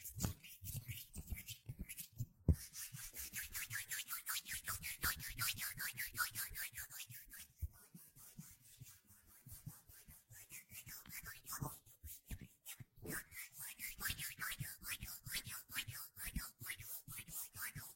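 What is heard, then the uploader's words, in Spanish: Hands rub together in quick, dense, scratchy strokes that run almost without pause for the whole clip. The sound is bright and hissy, with sharper clicks or slaps near 2.5 and 12–13 seconds and a softer, sparser stretch around 8 to 11 seconds. ASMR Sonidos de manos. Chasquidos, frotaciones, palmadas y demás.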